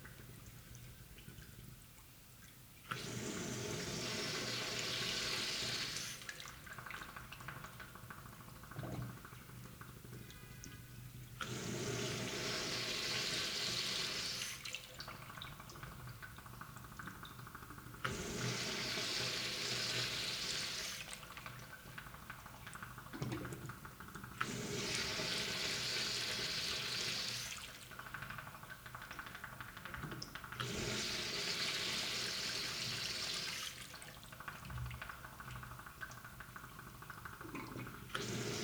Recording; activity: daily activity, guitar pickup as the sensor; flush